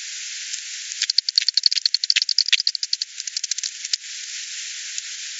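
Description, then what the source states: Bat clicks in a rapid, dense series forming a dry rattle for about three seconds, then thinning to scattered single pulses over a steady hiss. 28 September 2020.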